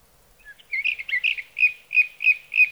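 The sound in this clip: Sage thrasher song: a jumble of quick warbled notes, then slurred phrases repeated about every third of a second, high and sweet, in a quiet background.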